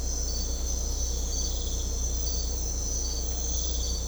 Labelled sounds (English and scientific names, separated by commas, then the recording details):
none
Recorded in secondary vegetation near Puerto Asís, Putumayo, Colombia, on 16 December 2024 at 05:30
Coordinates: 0.500, -76.326
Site G065